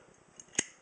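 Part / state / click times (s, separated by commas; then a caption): hinged lid of a metal pocket lighter closing onto its case / seated / 0.6 s. The hinged metal lid of a cleaned old Zippo pocket lighter is shut onto its case, with a faint tick at 0.4 s and then a crisp, solid click at 0.6 s. The lid closes firmly, more securely than it did when the lighter was dirty and gunked up.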